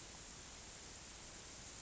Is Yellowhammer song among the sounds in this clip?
no